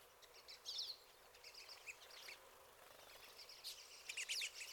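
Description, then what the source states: Pine siskins calling, with thin high twittering and short buzzy notes scattered through a faint steady hiss. Several pine siskins.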